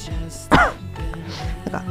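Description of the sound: A single short, harsh cough, like a throat-clearing, from an adult woman breaks into quiet talk, with faint speech sounds around it. It is a lingering cough left as an after-effect of COVID-19, along with a runny nose, still coming now and then during recovery after about ten days in bed.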